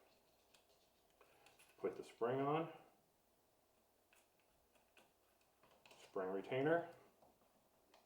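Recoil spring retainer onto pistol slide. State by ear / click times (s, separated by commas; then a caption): not seated / none. Someone talks while handling a recoil spring retainer and recoil spring at the slide of a GSG Sig Sauer 1911 .22 pistol, with faint small ticks of handling around 0.6, 1.5 and 5.9 seconds. Nothing has seated or clicked into place yet; the clip ends just before the retainer is slid over the spring and locked onto the slide.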